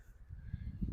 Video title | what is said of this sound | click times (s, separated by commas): déballage et montage New float tube FLTB9 CAPERLAN . 2023 pêche en float tube decathlon | ici le float tube ça va ça se clipse tout seul | 0.8 s, 0.9 s